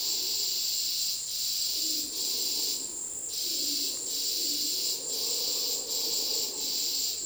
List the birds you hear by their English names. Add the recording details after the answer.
none. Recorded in dense forest near Puerto Asís, Putumayo, Colombia, on 21 February 2024 at 15:30. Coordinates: 0.466, -76.327. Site G6413